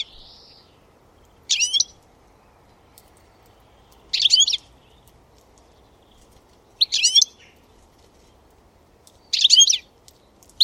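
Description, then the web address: Bird giving brief high chattering calls roughly every two and a half seconds, with a faint whistle at the start. "Deverinetal 2025 File origin Bird Only"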